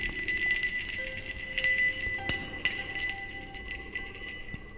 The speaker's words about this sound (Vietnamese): Hắn có thể cảm giác được Hiragi cũng không có dễ giải quyết như vậy, bởi vì thần nhạc linh vẫn còn vang lên những tiếng leng ca leng keng ở bên này.